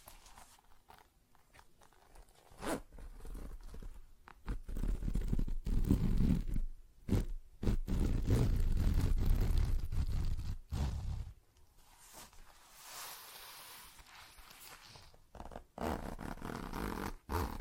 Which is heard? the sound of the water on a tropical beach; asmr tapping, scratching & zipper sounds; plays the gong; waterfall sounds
asmr tapping, scratching & zipper sounds